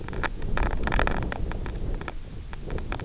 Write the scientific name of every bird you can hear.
none